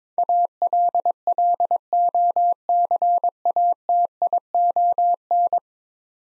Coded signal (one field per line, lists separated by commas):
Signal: Morse code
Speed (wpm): 21 wpm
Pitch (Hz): 700 Hz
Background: none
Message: ALLOCATION